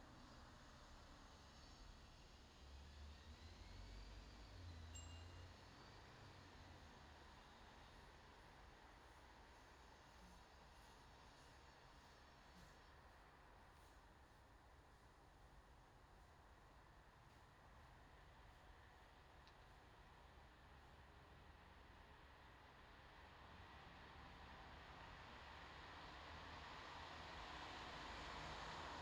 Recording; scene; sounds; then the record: everyday scene through a hearing-aid microphone; in traffic; traffic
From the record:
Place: bus stop on a city main road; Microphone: in the ear canal, left